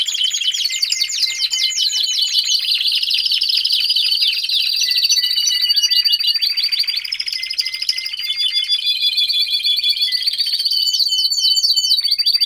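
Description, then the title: Domestic canary song, dense continuous warbling with fast sweeping notes, buzzy rolls and sustained high trills, no pauses. Male Belgian canary singing a lot, for training and warming up young canaries. "Canary Training Esquente Seu Filhote E Canario Belga Macho Cantando Muito"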